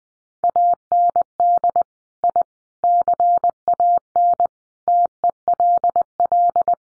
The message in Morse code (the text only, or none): AND I CAN TELL